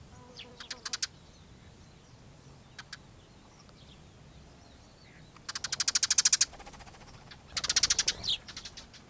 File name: Passera-mattugia-Passer-montanus Giovanni-Tomas-Xeno-canto